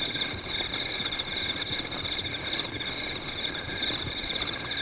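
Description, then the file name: Cricket chorus: an unbroken shrill trill beneath quick repeated chirps that stop and start every fraction of a second, over soft low background noise. Crickets recorded at night. "Night Time Crickets"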